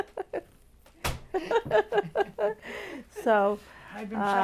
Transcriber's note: laughs